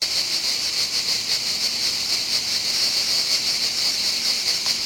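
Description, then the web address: Cricket chirping in a dense, continuous high-pitched pulsing drone that holds steady throughout, with faint background hiss. Recorded on holiday in Nice, France. "Nizza 1 Grillen"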